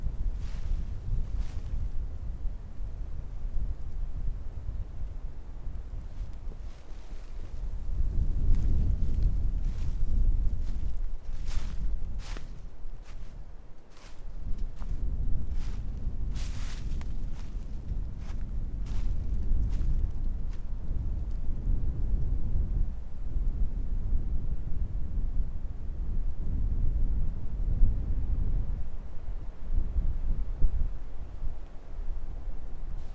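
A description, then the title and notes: Strong winter wind roars low and steady through a forest, swelling in gusts, with scattered sharp clicks and creaks from about ten to twenty seconds. Windy forrest at winter. The approximate location of recording is Bükk limestone mountain in Hungary, Estern Europe.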